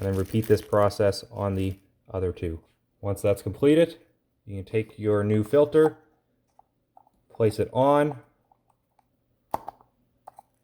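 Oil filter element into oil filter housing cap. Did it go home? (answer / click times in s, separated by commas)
yes / 9.5 s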